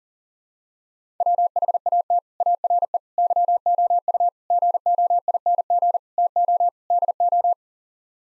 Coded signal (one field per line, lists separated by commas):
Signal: Morse code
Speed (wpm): 40 wpm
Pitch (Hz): 700 Hz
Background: none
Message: WHAT ARE YOU GOING TO DO